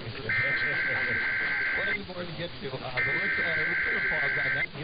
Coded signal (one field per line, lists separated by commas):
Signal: Emergency Alert System (SAME) tones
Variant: header bursts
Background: speech